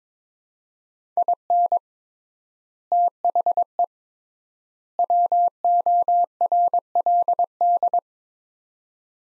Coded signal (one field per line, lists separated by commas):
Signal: Morse code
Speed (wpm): 22 wpm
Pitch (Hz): 700 Hz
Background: none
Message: IN THE WORLD